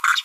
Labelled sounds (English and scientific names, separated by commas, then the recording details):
Green-rumped Parrotlet (Forpus passerinus) babbling
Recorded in a nest box in Venezuela
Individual 18B25A5